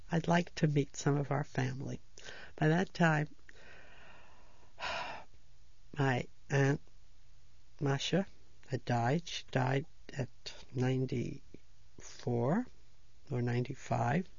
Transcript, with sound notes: I'd like to meet some of our family." By that time ( she sighs ) my Aunt Masha had died. She died at ninety-four or ninety-five.